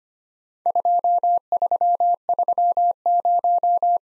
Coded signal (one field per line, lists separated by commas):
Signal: Morse code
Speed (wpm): 25 wpm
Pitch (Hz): 700 Hz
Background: none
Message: 2330